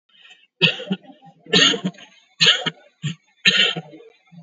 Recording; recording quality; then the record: heavy voluntary cough; excellent, no background noise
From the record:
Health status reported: COVID-19 positive, mild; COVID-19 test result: positive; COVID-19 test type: RT-PCR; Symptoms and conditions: cough, cold, hypertension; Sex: male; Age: 56 years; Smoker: no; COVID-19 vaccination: both doses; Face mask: worn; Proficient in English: yes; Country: India